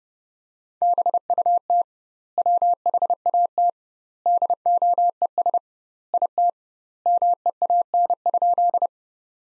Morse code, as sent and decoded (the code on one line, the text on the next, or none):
-... ..- - / .-- .... .- - / -.. --- . ... / .. - / -- . .- -. ..--..
BUT WHAT DOES IT MEAN?